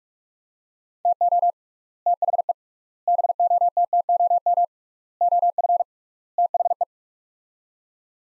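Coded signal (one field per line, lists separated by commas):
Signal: Morse code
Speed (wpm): 45 wpm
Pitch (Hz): 700 Hz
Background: none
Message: TO THE BOTTOM OF THE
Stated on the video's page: Morse practice of sets of five words at 45 wpm with 3x word spacing, a Farnsworth-like method for head-copying drills.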